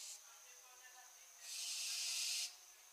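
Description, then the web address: Barn owl hissing screech, a harsh, breathy shriek lasting about a second, preceded by a brief similar burst at the start over faint background hiss. "Schleiereule - Schleiereule - Tyto alba"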